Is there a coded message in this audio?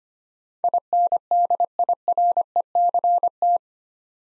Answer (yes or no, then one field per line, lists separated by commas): yes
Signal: Morse code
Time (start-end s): 0.6-3.6 s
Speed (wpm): 25 wpm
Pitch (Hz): 700 Hz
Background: none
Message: INDIRECT